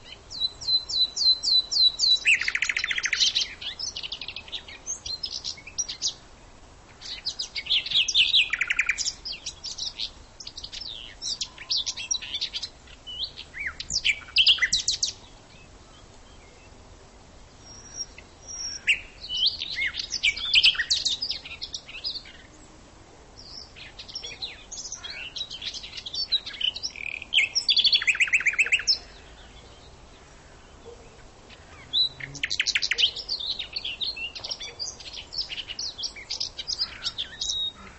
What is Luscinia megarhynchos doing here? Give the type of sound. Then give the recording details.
song. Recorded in the wild. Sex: male. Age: adult. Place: Lübars (Fließtal), Berlin, DE. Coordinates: 52.6167, 13.35. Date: 1999-05-01 11:30. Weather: fair, 15°C. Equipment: Nagra SN, Kopie Uher 4000 Report Monitor. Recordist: Tembrock, Günter